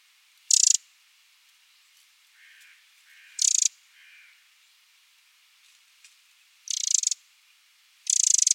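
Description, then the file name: Eurasian wren giving four short, dry rattling bursts of rapid ticks, with fainter, lower soft sounds between them. "Troglodytes troglodytes"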